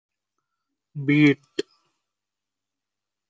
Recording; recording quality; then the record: sustained vowel as in beet; poor, much background noise or distortion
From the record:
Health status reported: healthy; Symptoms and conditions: none ticked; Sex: male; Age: 24 years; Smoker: not ticked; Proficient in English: yes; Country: India